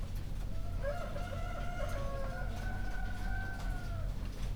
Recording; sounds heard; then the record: poultry house recording; healthy chickens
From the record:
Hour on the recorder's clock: 1